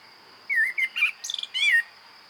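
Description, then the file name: Common blackbird song, a warbled fluty phrase with wavering notes and a quick high chatter in the middle, over faint background hiss. "Turdus merula"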